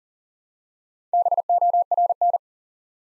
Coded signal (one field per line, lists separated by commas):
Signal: Morse code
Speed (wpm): 38 wpm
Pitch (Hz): 700 Hz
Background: none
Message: BORN